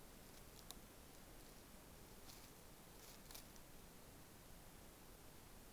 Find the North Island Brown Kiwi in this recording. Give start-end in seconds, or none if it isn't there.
none